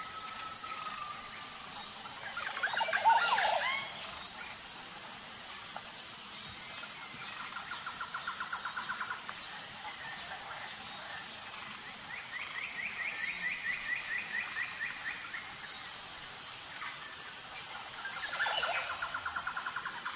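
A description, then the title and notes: Birds call over a steady high hiss of insects or background noise. A sharp squealing burst comes near three seconds and again around eighteen seconds, while quicker rapid trills sound around eight and thirteen seconds and at the end. Calming Bird Sounds. Melodic bird noises.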